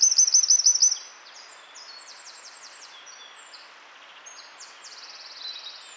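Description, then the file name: Eurasian wren song: a loud, fast trill of high notes for about a second, followed by quieter high twittering and rattling phrases. "Troglodytes troglodytes"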